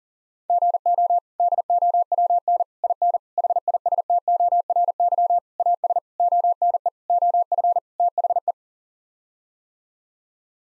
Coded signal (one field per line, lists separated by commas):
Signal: Morse code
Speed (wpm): 40 wpm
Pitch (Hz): 700 Hz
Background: none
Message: GO DOWN IN HISTORY AS ONE OF THE